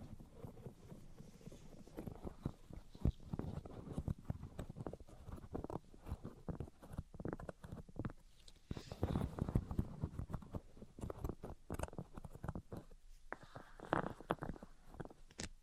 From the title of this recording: Tapping, Scratching, and Tracing Sounds